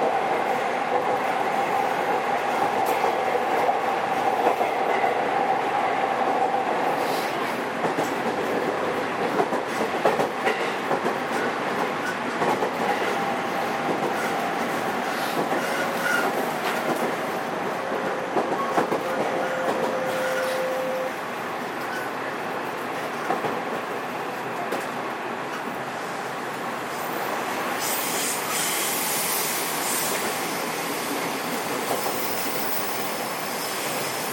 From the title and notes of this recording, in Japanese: JR207系 京橋〜宝塚。JR東西線、宝塚線の区間で録音しました。